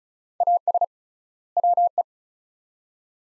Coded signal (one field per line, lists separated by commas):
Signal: Morse code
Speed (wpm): 36 wpm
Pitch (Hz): 700 Hz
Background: none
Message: AS WE